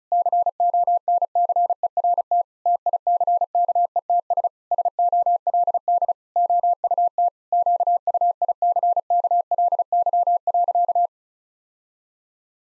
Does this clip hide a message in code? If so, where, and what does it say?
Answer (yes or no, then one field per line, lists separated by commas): yes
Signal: Morse code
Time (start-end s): 0.1-11.1 s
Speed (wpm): 36 wpm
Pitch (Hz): 700 Hz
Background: none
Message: CONCERT TICKETS SOLD OUT QUICKLY.